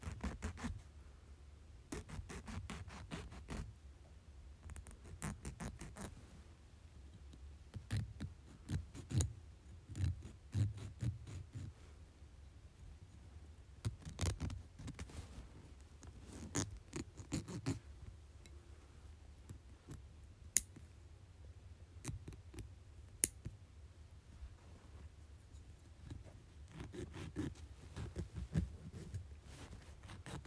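Fingernails being cut and filed, heard as a run of sharp, short clicks and scraping strokes that come in irregular bursts across the half minute. A low rumble sits steadily underneath, and a few louder snaps stand out around twenty and twenty-three seconds.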